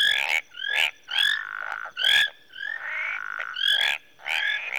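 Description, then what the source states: Tree frog chorus: overlapping upslurred chirps and clicks over a nasal drone, in dense bursts with brief dips between. Tree frogs in a marsh in Rwanda, early evening.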